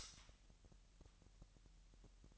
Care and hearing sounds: daily activity, microphone in the room; light off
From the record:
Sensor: 3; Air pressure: 1001.8 hPa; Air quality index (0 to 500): 247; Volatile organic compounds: 49 ppm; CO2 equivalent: 3286 ppm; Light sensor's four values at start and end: 6/14/5/6 and 6/13/5/5

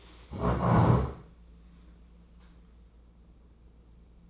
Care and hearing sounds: daily activity, microphone in the room; stand up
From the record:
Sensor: 1

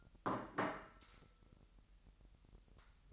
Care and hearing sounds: daily activity, microphone in the room; place plate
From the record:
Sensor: 3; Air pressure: 1002.0 hPa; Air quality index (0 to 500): 247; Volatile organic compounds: 51 ppm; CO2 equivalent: 3305 ppm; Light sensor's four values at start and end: 12/37/16/13 and 12/37/16/13

